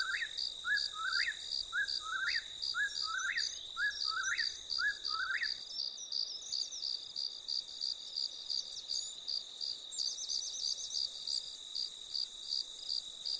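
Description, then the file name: Bird singing a quick series of short rising, slurred notes for about five seconds, then falling silent, over a constant high shrill insect chorus. "vogels"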